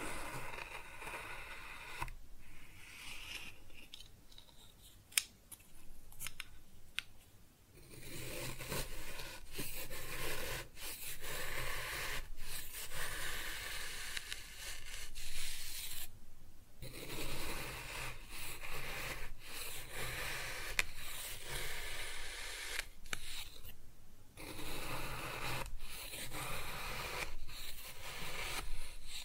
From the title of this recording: Kinetic Sand Cutting and Scooping Sounds